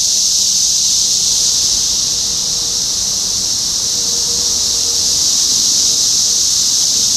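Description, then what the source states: Cicada chorus as a constant, high, hissing drone without pauses, plus a faint thin tone drifting in and out lower down. Topeka, Kansas; 14 June 2015.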